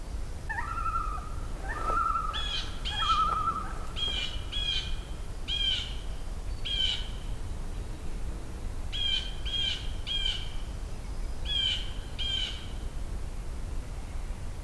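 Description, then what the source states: Common Loon flight calls: a long steady whistled note with short upslurred starts, then harsh harmonic notes, mostly in pairs. Flyover heard inland during a hike; loons vocalize a lot when flying over.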